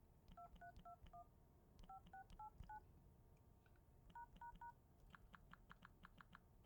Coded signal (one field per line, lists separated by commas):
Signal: DTMF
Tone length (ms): 110 ms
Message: 2321 5689 ###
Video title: Phone Dialing Sound Effect in ((STEREO))